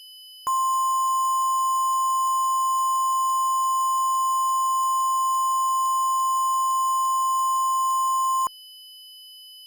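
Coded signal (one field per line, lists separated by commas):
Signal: Emergency Alert System (SAME) tones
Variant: 1050 Hz attention tone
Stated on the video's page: Mock, not a real alert: a fictional severe thunderstorm emergency scenario.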